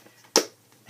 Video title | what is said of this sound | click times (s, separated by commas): Creative Notions June Subscription Box Unboxing | does click right into place I love that | 0.4 s